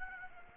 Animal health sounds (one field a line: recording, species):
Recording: mosquito wingbeat signal from an infrared sensor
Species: Aedes aegypti